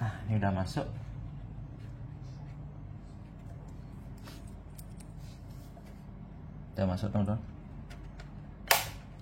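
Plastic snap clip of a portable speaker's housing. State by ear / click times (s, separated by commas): released / 8.7 s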